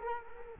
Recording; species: mosquito wingbeat signal from an infrared sensor; Culex quinquefasciatus